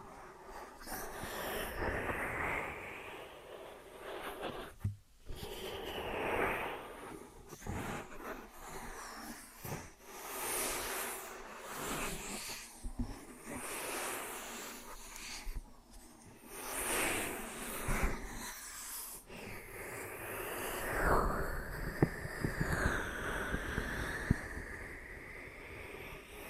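Ear and scalp massage sounds: dense, close rubbing and rustling that swells and fades in uneven strokes, with short gaps near 5 and 19 seconds. Toward the end, smoother sliding sweeps rise and fall over softer scratching.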